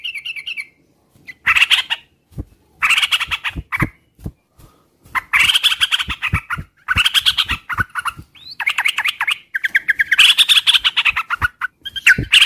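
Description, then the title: Oriental magpie-robin song, a busy mix of rich warbled phrases, chattering bursts and sharp clicks, broken by short pauses. Whistled song used as a lure to prompt other magpie-robins to answer back; described as a lively, vigorous singer. "Pancingan Suara Siulan Kacer Gacor Mantap Untuk Memancing Kacer Lain Agar Mau Nyaut Bunyi"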